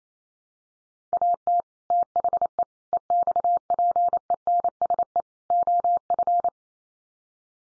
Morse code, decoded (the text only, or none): AT THE EXPENSE OF